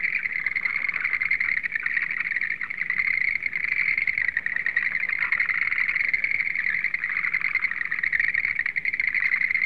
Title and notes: NHK Sound Effects Collection - 3-Frogs. NHK効果音集 - 3-カエル